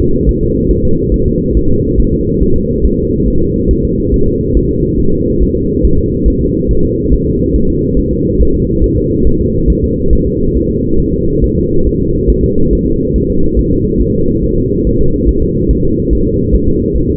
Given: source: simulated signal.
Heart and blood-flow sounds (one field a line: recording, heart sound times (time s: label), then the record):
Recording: fetal heart sounds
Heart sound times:
0.00 s: S2
0.29 s: S1
0.43 s: S2
0.71 s: S1
0.85 s: S2
1.14 s: S1
1.28 s: S2
1.57 s: S1
1.71 s: S2
2.00 s: S1
2.14 s: S2
2.43 s: S1
2.56 s: S2
2.85 s: S1
2.99 s: S2
3.28 s: S1
3.42 s: S2
3.71 s: S1
3.85 s: S2
4.14 s: S1
4.28 s: S2
4.57 s: S1
4.71 s: S2
5.00 s: S1
5.14 s: S2
5.43 s: S1
5.56 s: S2
5.85 s: S1
5.99 s: S2
6.28 s: S1
6.42 s: S2
6.71 s: S1
6.85 s: S2
7.13 s: S1
7.27 s: S2
7.56 s: S1
7.70 s: S2
7.99 s: S1
8.13 s: S2
8.41 s: S1
8.55 s: S2
8.84 s: S1
8.98 s: S2
9.27 s: S1
9.41 s: S2
9.70 s: S1
9.84 s: S2
10.13 s: S1
10.27 s: S2
10.56 s: S1
10.70 s: S2
11.00 s: S1
11.14 s: S2
11.44 s: S1
11.58 s: S2
11.87 s: S1
12.01 s: S2
12.30 s: S1
12.44 s: S2
12.73 s: S1
12.87 s: S2
13.16 s: S1
13.30 s: S2
13.59 s: S1
13.73 s: S2
14.01 s: S1
14.15 s: S2
14.44 s: S1
14.58 s: S2
14.87 s: S1
15.01 s: S2
15.29 s: S1
15.43 s: S2
15.71 s: S1
15.85 s: S2
16.13 s: S1
16.27 s: S2
16.54 s: S1
16.69 s: S2
16.96 s: S1
17.10 s: S2
From the record:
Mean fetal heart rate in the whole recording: 140 bpm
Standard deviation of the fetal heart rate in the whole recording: 2 bpm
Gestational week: 34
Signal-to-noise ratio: -16.4 dB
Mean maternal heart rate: 72 bpm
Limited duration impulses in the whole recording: present